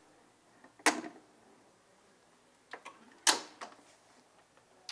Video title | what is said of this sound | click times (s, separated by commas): Full Arcade System Installation Video For Systems Sold Between 2003 - 2008 | once you get it in you'll hear a little clicking sound and then you're just going to push this little latch in on each side and | 0.9 s